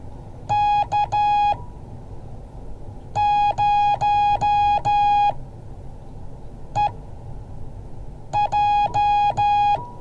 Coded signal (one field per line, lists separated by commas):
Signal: Morse code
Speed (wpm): 13 wpm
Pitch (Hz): 830 Hz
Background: none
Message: K0EJ